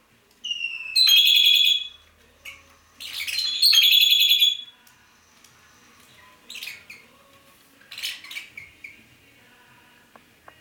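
Red-rumped parrot chirps: two bright, buzzy high-pitched bursts early on, followed by fainter scattered chirps and short calls against a quiet background.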